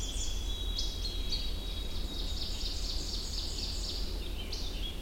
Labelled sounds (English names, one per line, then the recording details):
Ovenbird song
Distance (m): 85 m
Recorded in boreal forest in Alberta, Canada, on 21 June 2016 at 07:27
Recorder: SongMeter 3, array SBT-6-81
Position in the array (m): 2 m, 91 m
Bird 24